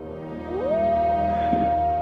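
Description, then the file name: Wolf howl rising quickly from a low start, then holding a long, even, steady tone to the end. Wolf and full moon. "Wolf und Vollmond"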